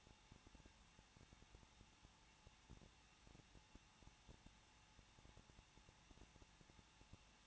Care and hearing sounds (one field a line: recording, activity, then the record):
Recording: daily activity, microphone in the room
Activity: no activity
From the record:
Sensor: 1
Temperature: 20.1 degrees Celsius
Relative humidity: 39.1%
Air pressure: 1006.3 hPa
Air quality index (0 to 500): 217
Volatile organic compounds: 75 ppm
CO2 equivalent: 3562 ppm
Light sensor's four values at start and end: 1/2/1/1 and 1/2/1/1